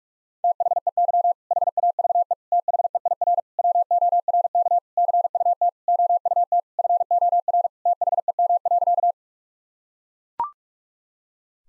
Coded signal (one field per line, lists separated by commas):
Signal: Morse code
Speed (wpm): 41 wpm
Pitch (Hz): 700 Hz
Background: none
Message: THEY HAVE THEIR WORK CUT OUT FOR THEM.